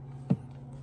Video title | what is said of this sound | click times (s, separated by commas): Victron Monitor Upgrade!!! Cerbo GX with Touch 70 - Why Not RV: Ep 119 | and it's basically just kind of snaps right in place | 0.3 s